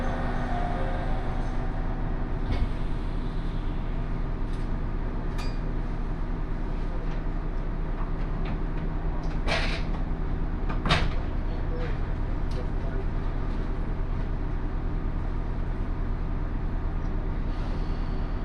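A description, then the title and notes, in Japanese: Inside a local train running between stations, a steady, dense low rumble and engine hum fill the whole clip at an even level. Sharp knocks and rattles break through now and then, most clearly around the middle, with a faint bright hiss above. 高山本線普通 上呂→下油井。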